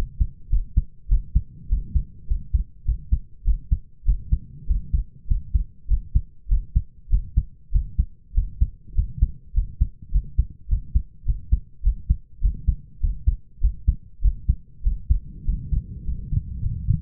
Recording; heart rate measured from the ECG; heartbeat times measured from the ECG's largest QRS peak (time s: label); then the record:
heart sounds by stethoscope; 101 bpm
0.50 s: heartbeat
1.08 s: heartbeat
1.68 s: heartbeat
2.27 s: heartbeat
2.85 s: heartbeat
3.44 s: heartbeat
4.05 s: heartbeat
4.66 s: heartbeat
5.27 s: heartbeat
5.87 s: heartbeat
6.48 s: heartbeat
7.09 s: heartbeat
7.71 s: heartbeat
8.34 s: heartbeat
8.94 s: heartbeat
9.53 s: heartbeat
10.11 s: heartbeat
10.68 s: heartbeat
11.25 s: heartbeat
11.82 s: heartbeat
12.41 s: heartbeat
13.00 s: heartbeat
13.60 s: heartbeat
14.21 s: heartbeat
14.83 s: heartbeat
15.45 s: heartbeat
16.04 s: heartbeat
16.61 s: heartbeat
From the record:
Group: healthy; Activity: rest 0-15 s, breath hold 15-17 s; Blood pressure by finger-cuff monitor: 103/61 mmHg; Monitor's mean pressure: 74 mmHg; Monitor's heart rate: 100 bpm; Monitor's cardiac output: 6.8 L/min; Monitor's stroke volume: 69 mL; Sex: male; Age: 22 years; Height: 181 cm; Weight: 60 kg